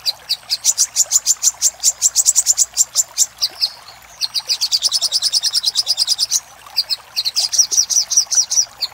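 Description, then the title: Little spiderhunter song: fast strings of shrill repeated chips, with two short silent gaps between bursts. Master recording used for training cage birds. "Sogok Ontong Labaik"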